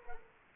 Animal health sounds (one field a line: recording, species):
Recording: mosquito wingbeat signal from an infrared sensor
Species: Culex quinquefasciatus